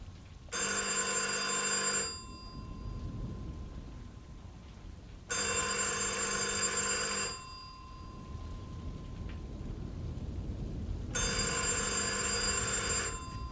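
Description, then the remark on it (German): A telephone bell rings in three long bursts, each about a second and a half of bright, buzzing trill separated by pauses filled with a low background hum. “Ich gehe ans Telefon.”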